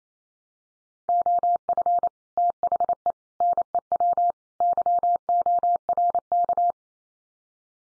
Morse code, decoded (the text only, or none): OF THE NEW YORK